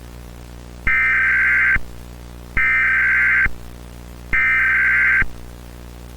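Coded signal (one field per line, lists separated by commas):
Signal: Emergency Alert System (SAME) tones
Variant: header bursts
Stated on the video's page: Mock alert for incoming space junk, simulated and not real, with VHS noise in the background.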